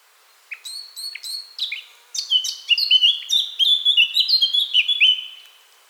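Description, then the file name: Eurasian blackcap singing: a few sharp scratchy notes at first, then a rich whistled warble with clear fluty phrases. "Sylvia atricapilla"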